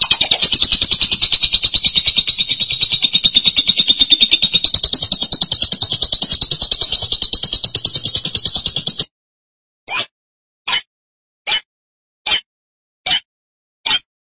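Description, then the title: Lovebird delivering a long rapid buzzing chatter for about nine seconds, then six sharp clicking ticks spaced under a second apart. "BM Suara Burung Lovebird"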